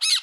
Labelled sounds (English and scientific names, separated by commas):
Brown-throated Parakeet (Eupsittula pertinax) contact call